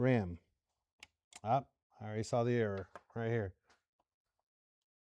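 After a RAM error appears, a builder handles a RAM module over its motherboard DIMM slot while someone talks, with a brief sharp tick near 1.0 s among the speech. Nothing has seated or clicked into place yet.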